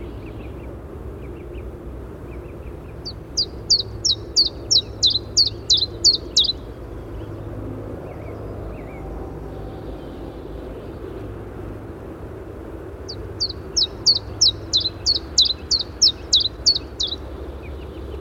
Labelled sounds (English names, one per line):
Common Chiffchaff song